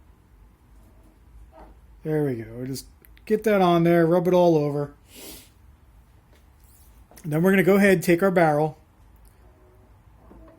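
A greased AR-15 barrel is picked up and lined up with the upper receiver before being slid in and seated. Someone talks through most of the clip, with a few soft handling sounds in the pauses. Nothing has seated or clicked yet.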